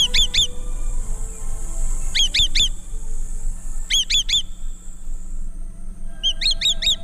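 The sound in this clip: Swallow-tailed kite giving high, sharp whistled notes in tight clusters of three or four, repeated about every two seconds, over a steady low hum.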